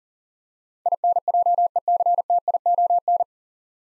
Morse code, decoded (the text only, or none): INJECTION